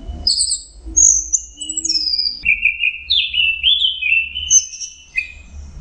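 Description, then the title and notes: Orange-headed thrush song: varied high whistled and slurred phrases, some falling, some buzzy, flowing without pause, over a low background rumble. Masteran training song for cage songbirds; anis merah in the 'teler' song style. "Suara Burung Anis Merah Teler. Masteran Anis Kembang"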